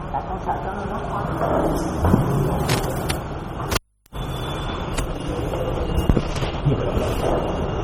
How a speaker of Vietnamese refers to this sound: Trời mưa bữa nay vắng vẻ luôn.